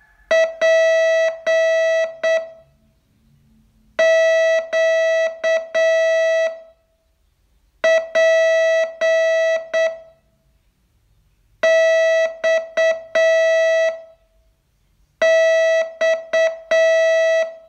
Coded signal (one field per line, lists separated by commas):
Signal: Morse code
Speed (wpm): 8 wpm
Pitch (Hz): 650 Hz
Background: music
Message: PQPXX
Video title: Learn Morse in 42 Days from VU2LAU - day 30